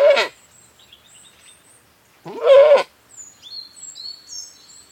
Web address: BBC. British Saanen Goat, exterior, bleating, with some birdsong